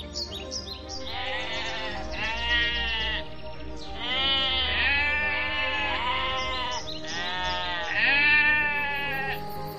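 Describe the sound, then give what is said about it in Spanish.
A flock of sheep in a small meadow bleating, with a man beside it. Several wavering, quavering cries overlap in a steady series of about four loud waves, with no talking. “se quedó paralizado al ver que muy cerca de donde él estaba, en una pequeña pradera, había un hombre junto a un rebaño de ovejas.”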